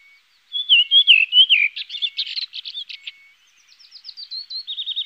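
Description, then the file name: Redwing song: a descending fluty phrase of a few notes, then clipped chirps and a fast trilled twitter to finish. "koperwiek redwing"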